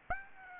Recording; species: mosquito wingbeat signal from an infrared sensor; Aedes aegypti